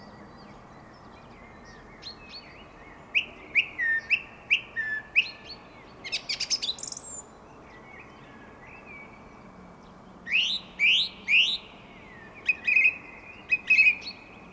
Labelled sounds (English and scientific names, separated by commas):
Song Thrush (Turdus philomelos) song